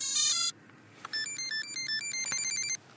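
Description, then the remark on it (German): A quadcopter plays a quick electronic startup melody as its battery is plugged in at night, signalling all is okay: bright, high beeping tones, a short buzzy chirp burst, a pause, then a rapid run of stepped notes rising and falling before stopping, with no voices. “Das ist eine faszinierende Melodie, die heißt, es ist alles okay, oder wie?”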